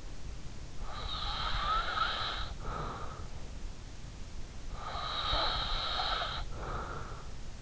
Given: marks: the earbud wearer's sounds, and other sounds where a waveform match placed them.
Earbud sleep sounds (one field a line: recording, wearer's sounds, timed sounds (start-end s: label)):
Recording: sounds in sleep by an in-ear microphone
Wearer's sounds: breath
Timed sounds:
0.65-3.62 s: breath
4.65-7.62 s: breath